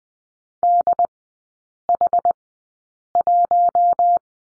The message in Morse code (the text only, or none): DH1